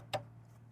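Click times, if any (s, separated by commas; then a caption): none. An amplifier wiring harness plug is pushed into the factory connector of a Toyota GR Corolla during an amplifier installation, making one brief, sharp contact sound at about 0.1 s over a low steady hum. The plug looks in but is not pushed far enough, so nothing has seated or clicked yet.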